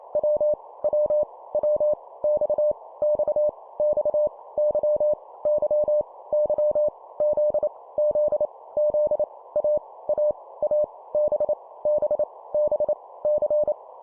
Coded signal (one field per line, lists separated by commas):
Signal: Morse code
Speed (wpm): 28 wpm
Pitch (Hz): 600 Hz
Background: none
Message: W W W X X X Y Y Y Z Z Z A A A B B B C